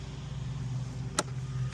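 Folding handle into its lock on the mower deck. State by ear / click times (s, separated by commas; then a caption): seated / 1.2 s. The folding handle of an EGO mower is unfolded and locked into its open position on the mower deck. Over a steady low hum, a sharp click at 1.2 s marks the handle seating, with a fainter sound near 1.7 s. The handle is locked in place.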